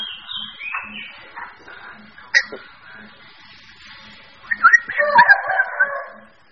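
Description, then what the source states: Birds calling together, a mix of buzzy and whistled notes, quieter at first, then a louder jumbled burst near the end. Mixed birds.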